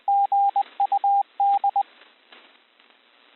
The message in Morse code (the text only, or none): GUD